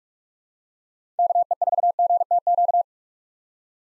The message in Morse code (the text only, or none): KE4GTQ